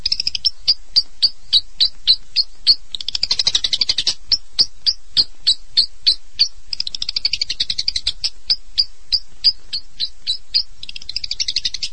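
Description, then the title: Long-tailed shrike song of rapid ticking notes, about three or four per second, interrupted by short buzzy chattering bursts. "Kicau Burung Pentet"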